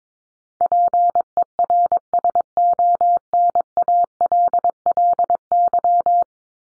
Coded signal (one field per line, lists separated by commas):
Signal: Morse code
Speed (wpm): 22 wpm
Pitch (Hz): 700 Hz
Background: none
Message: PERSONALLY